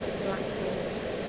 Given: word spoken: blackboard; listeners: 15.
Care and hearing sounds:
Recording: one English word in noise, from a listening test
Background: speech-shaped noise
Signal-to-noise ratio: -6.6 dB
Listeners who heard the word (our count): 2 of 15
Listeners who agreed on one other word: 8 of 15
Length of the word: 0.89 s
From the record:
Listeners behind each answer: 8, 2, 1, 1, 1, 1, 1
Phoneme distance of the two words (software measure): 21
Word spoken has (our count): 2 syllables, 7 phonemes, stress on syllable 1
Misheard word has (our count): 1 syllable, 4 phonemes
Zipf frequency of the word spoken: 2.87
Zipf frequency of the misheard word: 5.26

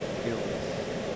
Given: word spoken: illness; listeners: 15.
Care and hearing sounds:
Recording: one English word in noise, from a listening test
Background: speech-shaped noise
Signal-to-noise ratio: -5.9 dB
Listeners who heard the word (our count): 0 of 15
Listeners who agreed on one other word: 6 of 15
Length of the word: 0.76 s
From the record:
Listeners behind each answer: 6, 2, 1, 1, 1, 1, 1, 1, 1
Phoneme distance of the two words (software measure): 31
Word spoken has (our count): 2 syllables, 5 phonemes, stress on syllable 1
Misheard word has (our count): 1 syllable, 4 phonemes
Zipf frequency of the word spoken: 4.12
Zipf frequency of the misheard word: 3.83

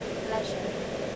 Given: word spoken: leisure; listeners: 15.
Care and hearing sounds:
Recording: one English word in noise, from a listening test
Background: speech-shaped noise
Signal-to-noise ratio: -4.7 dB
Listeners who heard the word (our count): 1 of 15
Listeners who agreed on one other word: 14 of 15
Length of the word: 0.76 s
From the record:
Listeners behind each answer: 14, 1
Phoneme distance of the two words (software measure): 7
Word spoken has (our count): 2 syllables, 4 phonemes, stress on syllable 1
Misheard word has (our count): 2 syllables, 5 phonemes, stress on syllable 1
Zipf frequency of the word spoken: 3.91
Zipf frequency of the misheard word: 4.66

